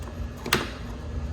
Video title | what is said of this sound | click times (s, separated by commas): How to install a UPR Catch Can on a C6 Corvette! - Mr. LSX DIY | and again you want to hear that click | 0.5 s